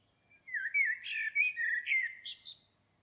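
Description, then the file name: Common blackbird with a continuous rich, fluting warble that rises into a brief scratchy, high-pitched flourish at the end. "Turdus merula"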